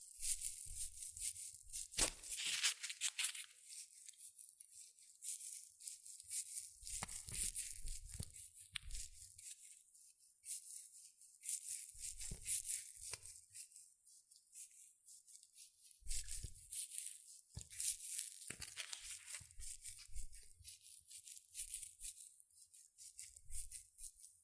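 Shredded tissue and packing peanuts rustle and crinkle in dense, bright, crackly bursts that keep shifting without a steady rhythm. Sharper crunches and tearing-like swells stand out near 2, 7, 12, 16 and 18 seconds, some carrying a soft low thump.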